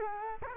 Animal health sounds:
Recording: mosquito wingbeat signal from an infrared sensor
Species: Culex quinquefasciatus

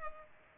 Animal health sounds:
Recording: mosquito wingbeat signal from an infrared sensor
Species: Culex pipiens

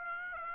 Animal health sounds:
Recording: mosquito wingbeat signal from an infrared sensor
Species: Aedes aegypti

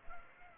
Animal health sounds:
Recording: mosquito wingbeat signal from an infrared sensor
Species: Aedes aegypti

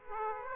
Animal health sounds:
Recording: mosquito wingbeat signal from an infrared sensor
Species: Aedes aegypti

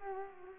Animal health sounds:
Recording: mosquito wingbeat signal from an infrared sensor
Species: Culex pipiens

